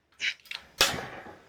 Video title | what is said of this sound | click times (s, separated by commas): Nijshyam 20 ton hydraulic machine - Hydraulic machine #hydraulicmachine | देखा यह देखा यह देखो टक की आवाज आई होगी आप लोगों को और ये सापड़ नीचे चली गई देखो | 0.8 s